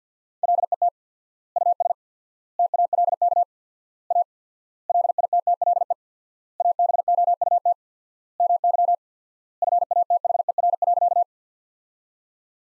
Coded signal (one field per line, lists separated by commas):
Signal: Morse code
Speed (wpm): 50 wpm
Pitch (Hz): 700 Hz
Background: none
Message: LET US TALK A LITTLE ABOUT MY FATHER.